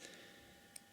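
A metal watch crown on a TW Steel CEO Canteen watch, which had been pulled out slightly to set the day and date, is pushed fully back into the watch case. A single short, sharp tick is heard at 0.8 seconds against a faint steady background hum. The crown is seated completely and secure, ready for the protective cap to be turned to lock it.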